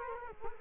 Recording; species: mosquito wingbeat signal from an infrared sensor; Culex quinquefasciatus